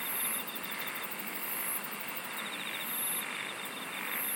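Insects singing: high, bright pulsed bursts repeat regularly over a dense, constant insect chorus.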